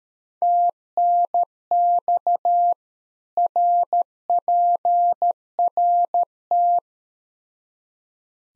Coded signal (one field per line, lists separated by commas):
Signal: Morse code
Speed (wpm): 13 wpm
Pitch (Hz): 700 Hz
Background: none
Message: TNX RPRT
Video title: Practice QSO - Exchange 2- Info - 13wpm